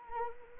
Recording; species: mosquito wingbeat signal from an infrared sensor; Anopheles arabiensis